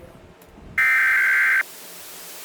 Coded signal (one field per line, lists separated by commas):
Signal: Emergency Alert System (SAME) tones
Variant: header bursts